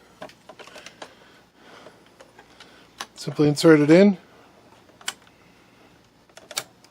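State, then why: Seated. A bobbin case is pushed into the hook/shuttle area of a Pfaff 6270 embroidery sewing machine until it latches. Light handling taps and clicks are heard while someone talks, followed by a sharp click at 6.6 s as the bobbin case clicks into place and is seated.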